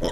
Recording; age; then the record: pig call; piglet (1 to 25 days)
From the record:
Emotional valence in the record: positive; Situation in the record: reunion after long isolation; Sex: male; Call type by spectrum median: low-frequency call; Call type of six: low-frequency tonal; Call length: 0.12 s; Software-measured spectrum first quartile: 231 Hz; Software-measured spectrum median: 542 Hz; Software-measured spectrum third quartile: 1529 Hz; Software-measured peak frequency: 4 Hz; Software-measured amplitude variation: 81 dB a second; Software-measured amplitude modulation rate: 12.4 a second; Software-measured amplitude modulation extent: 6.6 dB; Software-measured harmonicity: 0.7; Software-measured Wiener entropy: -1.70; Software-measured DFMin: 1100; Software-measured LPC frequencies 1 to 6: 497, 1893, 3160, 3741, 5236, 5547 Hz